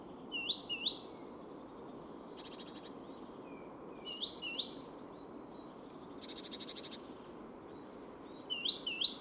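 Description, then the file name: Great tit calls: paired, hooked high notes repeated at intervals, with short buzzy bursts between them and soft chirping in the background. "Parus major"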